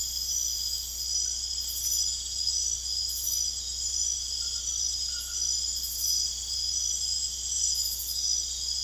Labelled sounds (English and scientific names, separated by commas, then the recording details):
none
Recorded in secondary vegetation near Puerto Asís, Putumayo, Colombia, on 21 December 2024 at 23:00
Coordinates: 0.488, -76.319
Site GP04